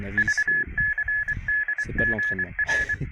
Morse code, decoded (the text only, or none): VCDGR